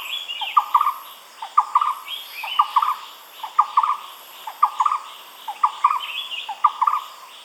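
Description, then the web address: Barbet repeating a low, hollow stuttered phrase about once a second, accompanied by higher twittering and chattering. "animal-sound barbet-sound"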